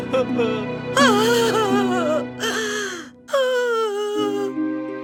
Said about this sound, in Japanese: みんなは悲しくなり泣き始めましたが、それは何の解決にもなりませんでした。